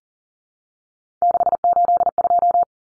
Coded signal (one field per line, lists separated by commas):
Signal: Morse code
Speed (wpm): 40 wpm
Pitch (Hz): 700 Hz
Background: none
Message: 682